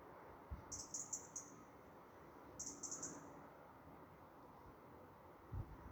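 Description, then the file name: European robin giving thin, very high-pitched call notes in two brief stuttering bursts about two seconds apart, over a low rumbling background with occasional low thumps. "Erithacus rubecula"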